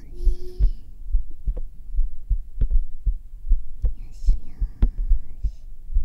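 Normal adult heartbeat heard on bare skin against the chest, at about 78 beats per minute, with a soft background hum.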